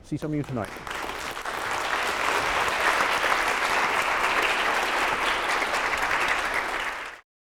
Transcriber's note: applause